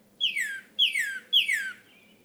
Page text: Northern Cardinal. Cardinals awaking—13 mornings to explore!